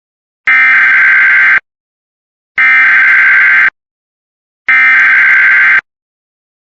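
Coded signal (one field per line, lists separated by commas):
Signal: Emergency Alert System (SAME) tones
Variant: header bursts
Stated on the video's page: Real Civil Danger Warning and Shelter In Place Warning for Texas counties, recorded with an alert archiving app.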